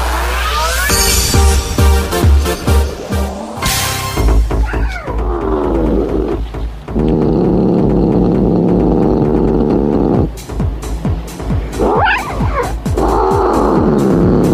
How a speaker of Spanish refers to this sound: Bueno, esto es un gato como que está medio que furioso, con deseos de arañar.